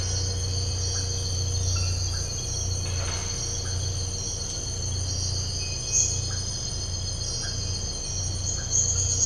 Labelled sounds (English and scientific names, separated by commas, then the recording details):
none
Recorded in dense forest near Puerto Asís, Putumayo, Colombia, on 13 March 2025 at 04:00
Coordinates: 0.468, -76.322
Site GP01